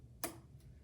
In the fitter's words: I heard a click on the left